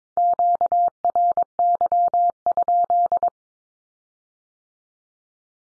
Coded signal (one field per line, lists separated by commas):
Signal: Morse code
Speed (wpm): 22 wpm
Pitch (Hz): 700 Hz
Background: none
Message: QRY?